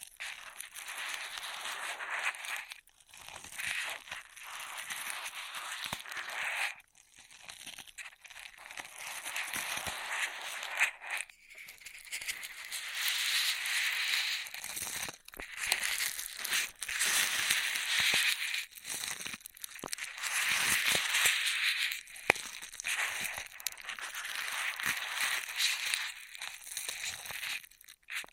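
Straw being handled and crumpled makes dense, bright crinkling and crackling that runs almost without pause. The rustle swells and thins in waves, with brief gaps near 3, 7, 11, 15 and 22 seconds and a few sharper snaps scattered throughout.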